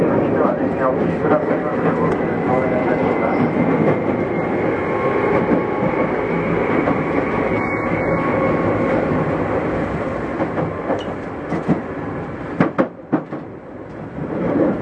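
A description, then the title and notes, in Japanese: A Tokyu 8500 series train runs with a steady, dense rumble and whine, easing slightly near the end with a few sharp clanks. 東急8500系 表参道〜あざみ野。東京メトロ→東急区間の録音です。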